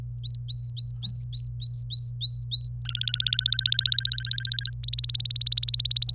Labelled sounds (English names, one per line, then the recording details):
Domestic Canary song
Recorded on 25 April 2018 at 17:00
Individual llb3